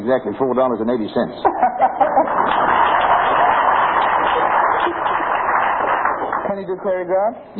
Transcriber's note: laughter and applause from the audience